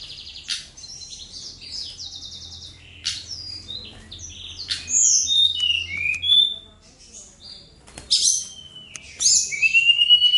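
Bird song of scattered high chirps and short whistled slurs, growing busier toward the end with a rising whistle; a low hum runs underneath in the first half.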